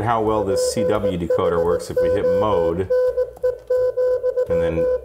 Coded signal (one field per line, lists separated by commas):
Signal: Morse code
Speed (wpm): 17 wpm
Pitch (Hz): 500 Hz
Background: speech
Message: PHONE,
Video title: Malahit DSP2 SDR Radio Receiver 10kHz -2GHZ SSB DSB CW NFM WFM AIR